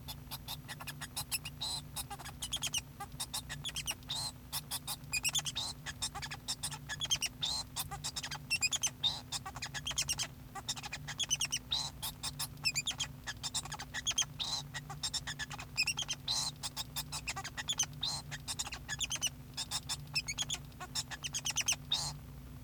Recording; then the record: song of a male Bengalese finch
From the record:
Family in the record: son of father 2